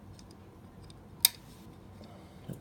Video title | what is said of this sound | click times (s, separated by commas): Repairing or removing synthesizer keys on an E-mu Proteus MPS | it rides okay on the spring in front of the key goes in back clicks in now | 1.3 s